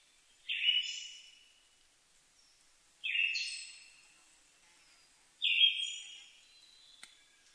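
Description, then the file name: Siberian thrush giving three rich, trailing whistled phrases, one every two and a half seconds, against a quiet background. Recorded 2 July 2011 at 05:51. "mamijiro-20110702-0551"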